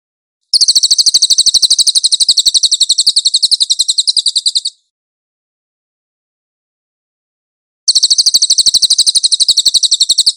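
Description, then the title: Cililin delivering two bursts of swift, shrill trilled chirps separated by about three seconds of silence. Master (tutor) song of the cililin, clear audio. "MASTER SANGAT BAGUS SUARA BURUNG CILILIN, AUDIO JERNIH"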